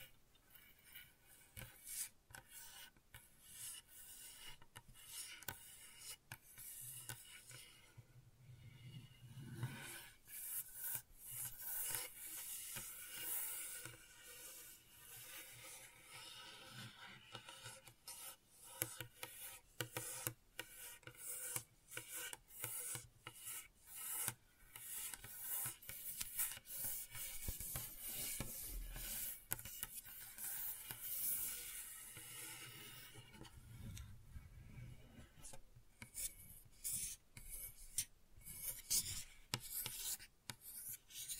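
Gentle scratching and rubbing sounds, dense and bright with rasping strokes, steady throughout with occasional low thumps around ten and thirty seconds.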